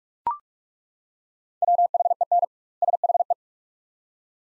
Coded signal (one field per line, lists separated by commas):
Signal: Morse code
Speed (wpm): 41 wpm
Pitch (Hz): 700 Hz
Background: none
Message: WHEN SHE